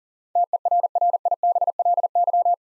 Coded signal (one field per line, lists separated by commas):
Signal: Morse code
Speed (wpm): 40 wpm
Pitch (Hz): 700 Hz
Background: none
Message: TERRIBLY